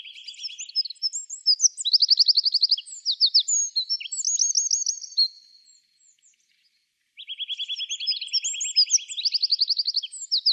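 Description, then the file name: Eurasian wren song, loud and very high: mixed twitters and fast buzzy trills for about five seconds, a brief silence, then another vigorous trilling phrase. "Troglodytes troglodytes"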